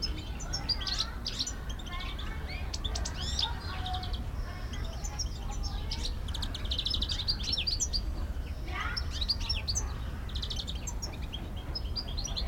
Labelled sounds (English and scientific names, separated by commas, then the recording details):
European Goldfinch (Carduelis carduelis)
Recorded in captivity
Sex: male
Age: adult
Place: Zoo Berlin, Berlin, DE
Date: 1994-04-16 12:20
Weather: heiter, 7-12°C
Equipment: Marantz CP 430, Sennheiser ME 80, Kopie Uher Variocord 263
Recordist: Tembrock, Günter